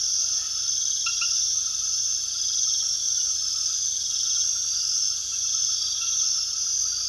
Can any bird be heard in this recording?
no